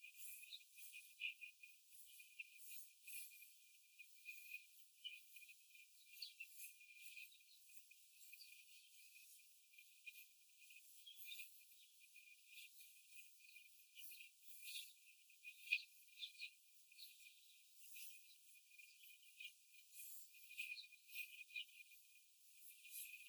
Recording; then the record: young laying hens in a cage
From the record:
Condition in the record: before the stressor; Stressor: simulated dog barking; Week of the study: 4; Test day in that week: 1